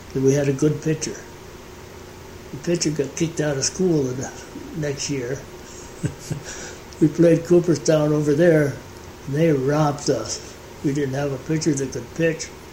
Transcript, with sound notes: We had a good pitcher. The pitcher got kicked out of school and the next year [chuckles] we played Cooperstown over there and they robbed us! We didn't have a pitcher that could pitch.